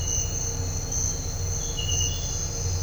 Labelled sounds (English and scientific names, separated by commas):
none